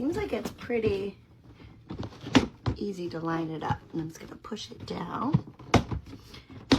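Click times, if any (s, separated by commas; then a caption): 5.7 s, 6.7 s. A plastic side panel of a fophop foldable cat litter box with lid is lined up and pushed down into the litter box base while someone talks. Sharp snaps are heard at 5.7 s and 6.7 s as the panel seats in its frame.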